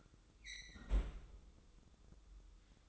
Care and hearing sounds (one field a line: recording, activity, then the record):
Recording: daily activity, microphone in the room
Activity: close fridge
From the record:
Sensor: 3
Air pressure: 995.2 hPa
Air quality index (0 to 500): 78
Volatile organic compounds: 6 ppm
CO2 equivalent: 1847 ppm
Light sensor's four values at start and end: 19/56/24/20 and 19/55/23/20